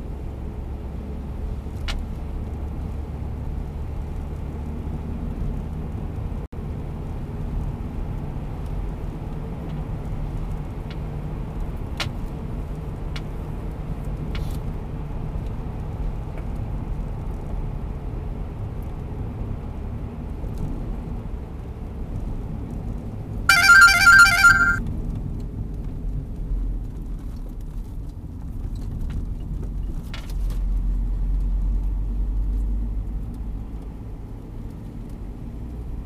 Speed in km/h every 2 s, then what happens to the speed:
64, 67, 70, 71, 77, 79, 78, 77, 74, 71, 68, 64, 54, 42, 31, 23, 27, 37.
0-8 speeds up to 77. 8-13 steady at about 78. 13-29 slows to 23. 31-36 speeds up to 37.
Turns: 25-29.